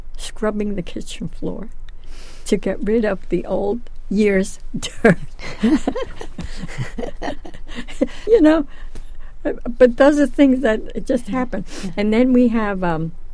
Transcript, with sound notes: scrubbing the kitchen floor to get rid of the old year's dirt. [Laughs] You know, but those are things that just happened. And then we have